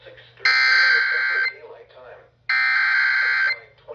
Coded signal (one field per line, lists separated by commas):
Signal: Emergency Alert System (SAME) tones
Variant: header bursts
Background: speech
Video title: Severe Thunderstorm Warning (EAS #106) (INCLUDING 94.5 KSMB RELAY!!!)